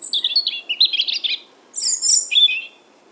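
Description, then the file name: European robin singing a rich phrase of warbled, jumbled high notes, then a pause and a thin sustained whistle leading into a short trilled ending. "Erithacus rubecula"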